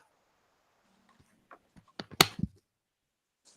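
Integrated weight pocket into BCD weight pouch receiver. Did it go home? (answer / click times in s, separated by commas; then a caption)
yes / 2.2 s. An integrated weight pocket, after being lined up, is pushed into its weight pouch receiver slot on a BCD. A few faint taps and rustles lead to one sharp, loud click at 2.2 s, followed by a couple of softer knocks and then quiet. The weight pocket latches home and is seated.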